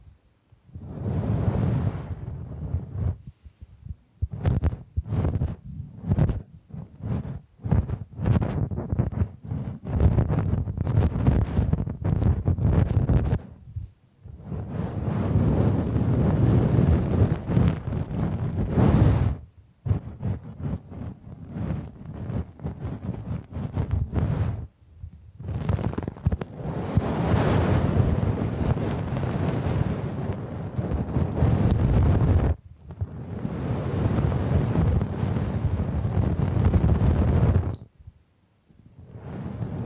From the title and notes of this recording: ASMR Brain Tingling Bamboo Tapping, Scratching and Brushing Sounds for Sleep (No Talking).